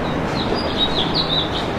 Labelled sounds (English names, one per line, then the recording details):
House Finch song
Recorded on Long Island, New York, on 15 June 2012
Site WI
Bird B